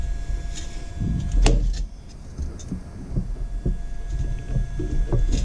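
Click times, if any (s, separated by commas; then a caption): 1.5 s. A Xeon Silver processor in its plastic carrier is lined up by its corner marker and pressed onto the socket and heatsink of a Dell PowerEdge T440 server. A sharp snap is heard at 1.5 s, followed by quieter handling sounds and a few smaller knocks, including one near 5.1 s. The carrier clip did not click in properly, so the processor was not fully seated.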